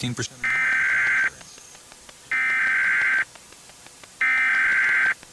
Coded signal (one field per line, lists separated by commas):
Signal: Emergency Alert System (SAME) tones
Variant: header bursts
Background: speech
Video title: The National EAS Test Hijacking Of 2011